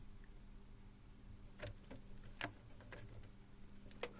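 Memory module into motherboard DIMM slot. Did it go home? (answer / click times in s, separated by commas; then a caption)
no / none. A RAM memory module, lined up in both channels of a motherboard DIMM slot, is pressed in by hand over a low steady hum. A few brief sharp taps and knocks sound, the loudest near 1.7, 2.4 and 4.0 seconds. The stick has not seated and nothing has clicked yet.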